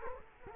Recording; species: mosquito wingbeat signal from an infrared sensor; Culex quinquefasciatus